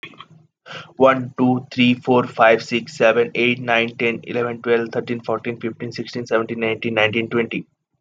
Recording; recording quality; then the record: counting at a fast pace; excellent, no background noise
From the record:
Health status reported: healthy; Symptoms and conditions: asthma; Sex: male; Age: 21 years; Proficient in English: yes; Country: India